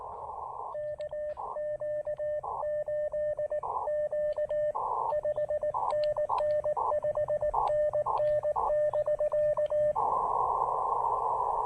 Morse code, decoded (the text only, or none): KQ8Q 5NN 5NN <BK>